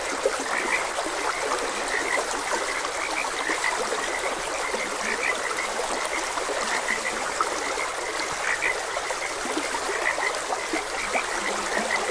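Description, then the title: Frogs calling with brief, bright croaks scattered throughout, some in quick clusters, set against a constant babble of flowing water. Frogs croaking beside a gentle stream. "Gentle Stream and Frogs Croaking"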